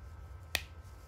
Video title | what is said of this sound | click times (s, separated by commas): TouchPix DSLR connection for Photo Booth on a old Canon T3. For Photo Booth compatibility only. | and it looks like it goes in this orientation snapped | 0.6 s